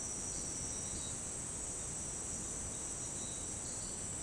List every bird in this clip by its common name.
none